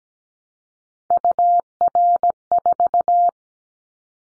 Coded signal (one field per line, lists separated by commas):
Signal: Morse code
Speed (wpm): 17 wpm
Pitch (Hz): 700 Hz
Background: none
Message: UR4